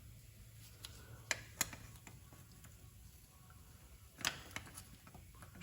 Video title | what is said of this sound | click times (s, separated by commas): How To Replace Fuel Filter 2000-2011 Ford Ranger | Okay, you heard the clicking for that when we released the clip. | 1.3 s, 1.6 s